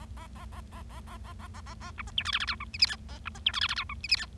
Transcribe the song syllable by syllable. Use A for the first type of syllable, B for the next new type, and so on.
A A A A A A A A A A A A B C D E F F G H I J K A B C D E F F G H I J K